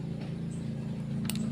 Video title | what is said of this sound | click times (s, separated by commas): HONDA SUPRAX125/KARISMA ngasap Putih,asap hitam dan asap Abu-abu,berikut ULASAN dan CARA atasinya | itu sudah masuk ya teman-teman Ada Tadi kedengaran bunyi klik begitu | 1.3 s